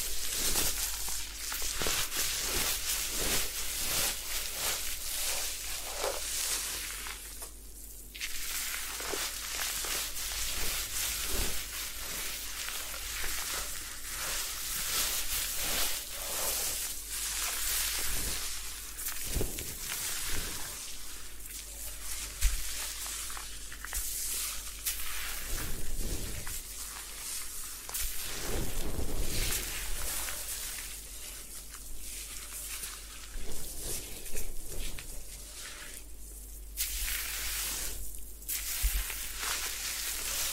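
A head spa hair wash: a dense, hissy wash of scrubbing and rushing water fills the clip, bright and crackly with constant small fluctuations. Brief soft thumps and rubs poke through now and then, and the hiss thins for a moment around eight and thirty-six seconds.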